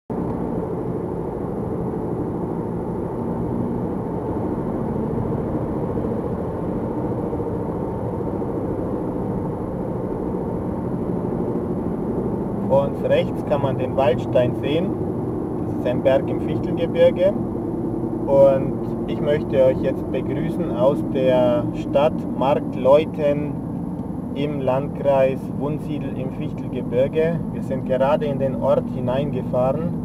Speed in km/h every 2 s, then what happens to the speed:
97, 100, 107, 104, 101, 95, 87, 83, 78, 73, 63, 57, 55, 54, 53.
0-4 speeds up to 107. 4-30 slows to 53.